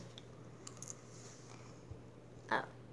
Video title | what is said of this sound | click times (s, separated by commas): (Whitney and Dylan's rectangle)Fun with gem slime!!!!!👫 | it does not click | none